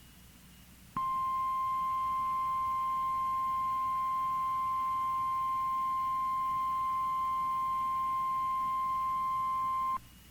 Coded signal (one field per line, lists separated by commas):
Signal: Emergency Alert System (SAME) tones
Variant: 1050 Hz attention tone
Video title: EAS #1400 - Blizzard Warning on KIH61 Read by New NOAA Weather Radio Voice 2-1-2016